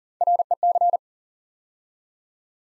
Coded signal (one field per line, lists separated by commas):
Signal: Morse code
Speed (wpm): 42 wpm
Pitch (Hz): 700 Hz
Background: none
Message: REC